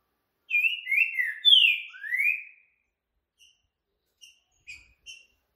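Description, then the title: Green-winged saltator giving a whistled phrase of several slurred descending and rising notes, then scattered short high chips. Rare song type 'curricutil boi boca mole', used to warm up and train caged saltators for singing contests. "TRINCA FERRO CURRICUTIL BOI BOCA MOLE"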